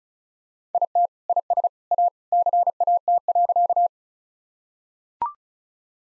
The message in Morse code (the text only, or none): IT IS A CAT.